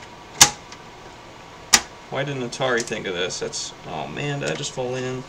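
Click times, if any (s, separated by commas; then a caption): 0.4 s, 1.7 s. A plastic lid is pressed onto a repaired Atari 2600 game console and snaps into place. Two sharp, loud clicks come at 0.4 s and 1.7 s, with a faint tick at 0.7 s, and then someone talks. The lid is seated.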